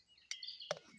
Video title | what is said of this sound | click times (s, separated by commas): Swiss Army M84 Canteen and Cup | fits snugly with a nice little click. | 0.3 s